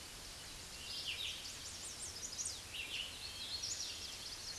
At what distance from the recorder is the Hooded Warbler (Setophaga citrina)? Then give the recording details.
about 40 m. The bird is about 10 m above the microphone. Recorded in a Pennsylvania forest on 16 May 2024 at 06:32. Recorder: AudioMoth, point MSD-0079. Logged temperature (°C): 16.1 °C. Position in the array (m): 131 m, 112 m